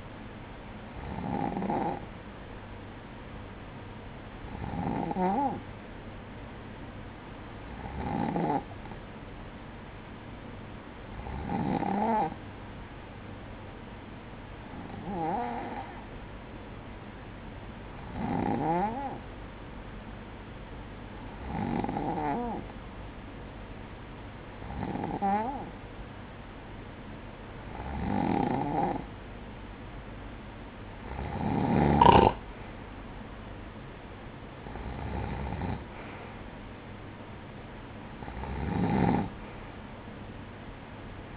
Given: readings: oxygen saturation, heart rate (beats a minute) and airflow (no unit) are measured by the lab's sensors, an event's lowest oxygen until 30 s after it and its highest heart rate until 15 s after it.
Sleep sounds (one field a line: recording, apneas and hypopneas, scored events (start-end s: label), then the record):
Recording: breathing in sleep by a voice recorder at the bedside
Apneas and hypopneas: none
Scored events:
none scored
From the record:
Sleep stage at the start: N2 (light sleep)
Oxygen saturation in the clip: 94 to 95%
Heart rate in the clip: 56 to 60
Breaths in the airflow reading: 12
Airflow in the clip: -12.0 to 8.2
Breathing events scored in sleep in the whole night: 180 in 6.7 hours asleep